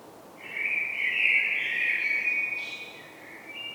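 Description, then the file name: Common blackbird delivering one sustained mellow warbling phrase. "Turdus merula"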